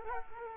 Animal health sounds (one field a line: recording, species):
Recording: mosquito wingbeat signal from an infrared sensor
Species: Culex quinquefasciatus